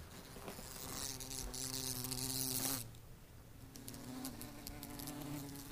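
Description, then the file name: Bumblebee buzzing, a low drone that rises in loudness, drops away near three seconds, then returns softer. "zvuki shmelia"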